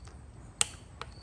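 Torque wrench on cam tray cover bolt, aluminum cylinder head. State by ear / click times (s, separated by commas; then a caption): torque reached / 0.6 s. A torque wrench, choked up on the handle, tightens a bolt on the cam tray cover of an aluminum cylinder head on an Audi/VW 2.0T TSI/TFSI engine. A single sharp click rings out at 0.6 s above a low, steady background, with fainter ticks near 0.1 s and 1.0 s. The wrench has reached its set torque and clicked.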